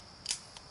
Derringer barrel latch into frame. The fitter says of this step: locks back makes a nice click